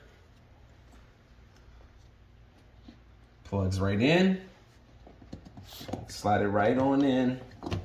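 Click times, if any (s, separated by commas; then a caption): none. An LED Lexus logo door projector light for a 2020 Lexus GX460 is handled at its opening in the plastic door trim panel while someone talks. Faint taps and small handling clicks are heard, and nothing has seated or clicked yet.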